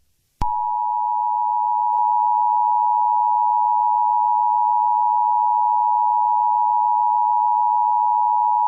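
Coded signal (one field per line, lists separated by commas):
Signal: Emergency Alert System (SAME) tones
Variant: 853 and 960 Hz attention tone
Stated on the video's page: Fictional Christmas EAS scenario, a created recreation rather than a real alert.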